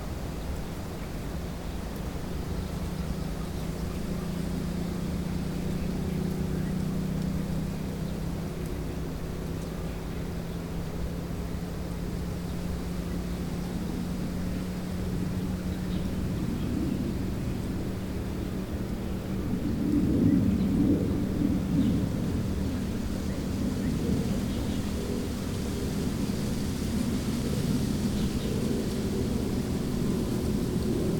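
Quiet wind rumbles low and steady across grass while a motorcycle drones underneath, its engine note drifting slowly. Around twenty seconds the engine grows louder and rougher, then settles into a higher, steady whine through the final stretch.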